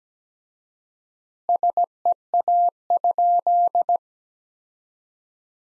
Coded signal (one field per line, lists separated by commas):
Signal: Morse code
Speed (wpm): 17 wpm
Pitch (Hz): 700 Hz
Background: none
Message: SEA?